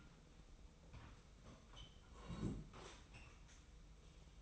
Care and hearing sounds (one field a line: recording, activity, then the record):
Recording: daily activity, microphone in the room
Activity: sit down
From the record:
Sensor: 1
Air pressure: 990.6 hPa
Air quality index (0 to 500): 155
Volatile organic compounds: 1000 ppm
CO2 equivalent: 5634 ppm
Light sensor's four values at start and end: 27/62/26/29 and 27/63/27/29